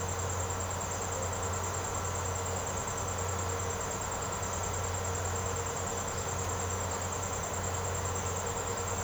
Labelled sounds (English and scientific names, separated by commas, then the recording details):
none
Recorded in secondary vegetation near Puerto Asís, Putumayo, Colombia, on 21 March 2025 at 07:00
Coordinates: 0.468, -76.324
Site G059